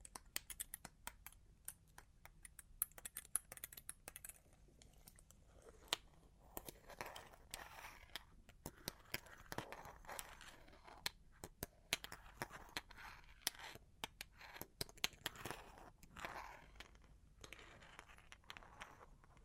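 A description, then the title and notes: Long claws tap and scratch in quick, irregular bursts, with sharp bright clicks scattered densely across the whole span. Between the taps, softer rasping scrapes swell and fade, strongest around the middle and near fifteen seconds, over a faint low hum. Long Claws Tapping and Scratching (No Talking).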